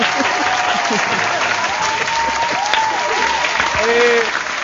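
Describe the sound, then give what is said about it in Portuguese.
A steady round of applause for actor Nicolas Cage, dense and continuous clapping that holds for several seconds with a few faint voices and whoops rising over it. “Eu acho que ele merece uma salva de palmas.”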